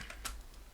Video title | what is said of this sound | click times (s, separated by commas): What's in my toolbox - MAC ALLISTER CORDLESS SCREWDRIVER | and it locks in place and then to release the bit all you have to do is just pull this down and the bit comes out | 0.1 s